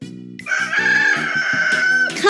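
Rooster crow, a long sustained harmonic call after half a second of low sounds, ending in a short rising squawk.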